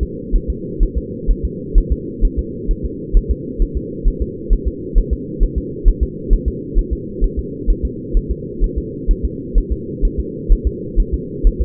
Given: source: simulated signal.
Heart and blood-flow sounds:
fetal heart sounds
0.03 s: S2
0.36 s: S1
0.50 s: S2
0.83 s: S1
0.98 s: S2
1.31 s: S1
1.45 s: S2
1.78 s: S1
1.92 s: S2
2.25 s: S1
2.39 s: S2
2.71 s: S1
2.85 s: S2
3.17 s: S1
3.31 s: S2
3.62 s: S1
3.77 s: S2
4.08 s: S1
4.22 s: S2
4.53 s: S1
4.68 s: S2
4.98 s: S1
5.13 s: S2
5.43 s: S1
5.58 s: S2
5.88 s: S1
6.03 s: S2
6.33 s: S1
6.48 s: S2
6.79 s: S1
6.93 s: S2
7.24 s: S1
7.39 s: S2
7.70 s: S1
7.85 s: S2
8.17 s: S1
8.31 s: S2
8.64 s: S1
8.78 s: S2
9.11 s: S1
9.25 s: S2
9.58 s: S1
9.72 s: S2
10.05 s: S1
10.20 s: S2
10.52 s: S1
10.67 s: S2
11.00 s: S1
11.14 s: S2
11.47 s: S1
11.62 s: S2
From the record:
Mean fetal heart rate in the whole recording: 130 bpm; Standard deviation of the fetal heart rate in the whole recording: 2 bpm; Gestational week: 38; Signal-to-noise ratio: -4.1 dB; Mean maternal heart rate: no maternal heart sound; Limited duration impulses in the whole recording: absent

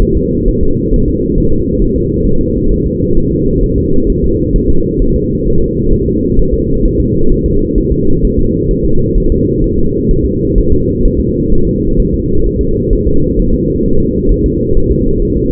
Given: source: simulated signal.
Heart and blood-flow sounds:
fetal heart sounds
0.02 s: S1
0.17 s: S2
0.49 s: S1
0.63 s: S2
0.94 s: S1
1.08 s: S2
1.38 s: S1
1.52 s: S2
1.82 s: S1
1.96 s: S2
2.26 s: S1
2.41 s: S2
2.71 s: S1
2.86 s: S2
3.17 s: S1
3.32 s: S2
3.63 s: S1
3.78 s: S2
4.10 s: S1
4.24 s: S2
4.56 s: S1
4.70 s: S2
5.02 s: S1
5.16 s: S2
5.48 s: S1
5.62 s: S2
5.93 s: S1
6.08 s: S2
6.39 s: S1
6.54 s: S2
6.85 s: S1
7.00 s: S2
7.32 s: S1
7.46 s: S2
7.78 s: S1
7.92 s: S2
8.25 s: S1
8.39 s: S2
8.71 s: S1
8.85 s: S2
9.18 s: S1
9.32 s: S2
9.64 s: S1
9.79 s: S2
10.11 s: S1
10.25 s: S2
10.58 s: S1
10.73 s: S2
11.05 s: S1
11.20 s: S2
11.53 s: S1
11.67 s: S2
12.00 s: S1
12.14 s: S2
12.47 s: S1
12.61 s: S2
12.93 s: S1
13.07 s: S2
13.39 s: S1
13.54 s: S2
13.86 s: S1
14.00 s: S2
14.31 s: S1
14.46 s: S2
14.77 s: S1
14.92 s: S2
15.22 s: S1
15.37 s: S2
From the record:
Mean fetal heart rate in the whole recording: 130 bpm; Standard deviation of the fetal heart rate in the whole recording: 4 bpm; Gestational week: 38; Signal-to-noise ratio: -17.7 dB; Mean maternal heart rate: 72 bpm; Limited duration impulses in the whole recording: present

